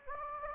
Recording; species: mosquito wingbeat signal from an infrared sensor; Anopheles gambiae